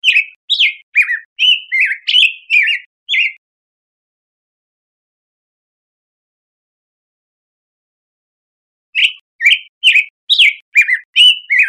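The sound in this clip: Black-headed grosbeak song: two bursts of quick, sweet warbled notes, each about two per second, separated by a long silent pause.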